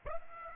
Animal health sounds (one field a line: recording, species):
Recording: mosquito wingbeat signal from an infrared sensor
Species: Aedes aegypti